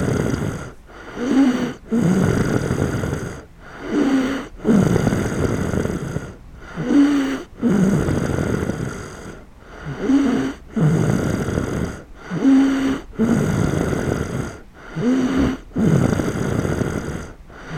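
Snoring from a sleeping adult at night, in Die, August 2008.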